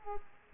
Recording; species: mosquito wingbeat signal from an infrared sensor; Culex quinquefasciatus